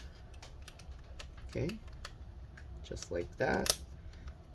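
A small plastic piece from the broken hinge area of an MSI GE76 Raider laptop is handled and pressed back toward its spot in the chassis, producing a scatter of small sharp ticks and taps. Someone talks briefly over the handling. Nothing has seated or clicked into place yet.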